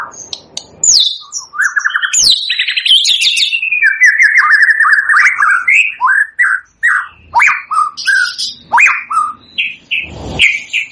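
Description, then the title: White-rumped shama song: a rich run of varied whistled and chattering phrases, some rising and falling, several sharp clicks between bursts. Lure song used for trapping (pikat); lively singing bird (gacor). "PANCINGAN MURAI BATU GACOR"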